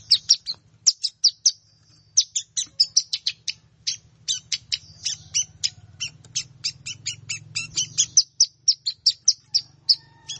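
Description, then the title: Plain prinia singing a continuous run of high, clipped notes with a low background hum beneath much of the song. "Ciblek Sawah"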